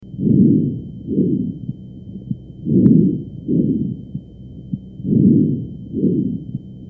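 Bronchovesicular breath sounds heard over an adult chest with a stethoscope: soft, low-pitched breathing with inspiratory and expiratory phases of similar length and loudness, repeating in about three breath cycles.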